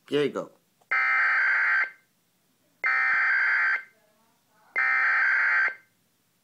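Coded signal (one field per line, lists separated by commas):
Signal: Emergency Alert System (SAME) tones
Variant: header bursts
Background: speech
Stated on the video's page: Fictional EAS alert relayed through SAGE EAS equipment.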